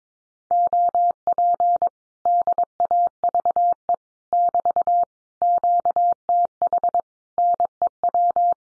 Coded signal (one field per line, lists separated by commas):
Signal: Morse code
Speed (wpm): 22 wpm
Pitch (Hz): 700 Hz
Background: none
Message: OP DAVE <BT> QTH NEW